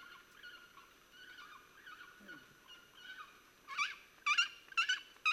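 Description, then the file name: Pallas's fish eagle calls, faint harmonic yelping notes at first, then several louder clipped yelps toward the end. Recorded at Corbett on 30 November 2007. "Haliaeetus-leucoryphus- -Corbett"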